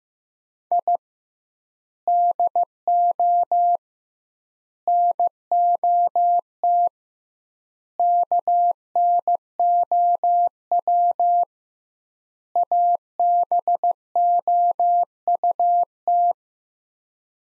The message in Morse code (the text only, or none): I DO NOT KNOW ABOUT